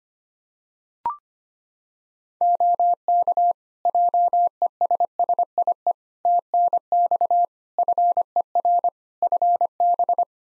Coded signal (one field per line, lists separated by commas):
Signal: Morse code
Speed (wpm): 25 wpm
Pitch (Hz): 700 Hz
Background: none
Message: OK JESSIE TNX FER FB